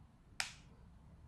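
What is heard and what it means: A plastic refill pod is pushed back into the body of an RPM 80 Pro pod vape device after it had not been clicked in properly, leaving the airflow very restricted. A single sharp, bright click is heard at 0.4 s over a quiet background. The pod is seated properly, and vapour production is much better afterward.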